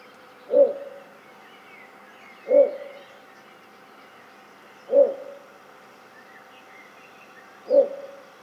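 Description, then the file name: Little bittern uttering four low, hollow croaks at intervals of about two to three seconds over a quiet steady hiss. "torpegem-hangja torpegem-Ixobrychus-minutus"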